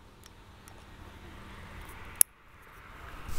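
An ST-4 guiding cable's plastic modular plug is pushed into the port of a ZWO ASI120MM Mini guide camera. Two faint ticks are heard at 0.3 and 0.7 seconds over low background noise. A single sharp click at 2.2 seconds marks the plug seating, and the setup is ready to go.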